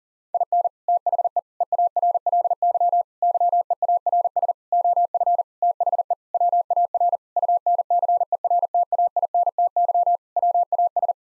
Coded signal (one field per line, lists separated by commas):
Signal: Morse code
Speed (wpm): 40 wpm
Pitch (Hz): 700 Hz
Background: none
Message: IN THE EARLY YEARS OF THE WAR UNCERTAINTY WAS